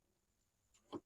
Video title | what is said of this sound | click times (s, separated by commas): Auto handle lock in telugu-Auto videos telugu | బండి అయితే lock అయిపోయింది హ్యాండ్ లాక్ పడిపోయింది | 0.9 s